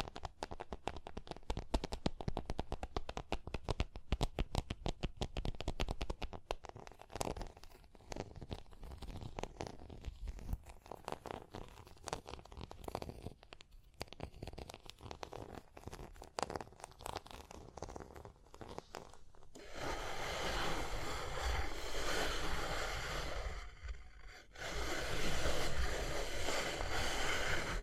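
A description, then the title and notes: Rapid, dense tapping and scratching clicks fill the first twenty seconds, then give way to a steadier, brighter scratching rasp with a brief pause near 24 seconds. Tapping and Scratching (No Talking).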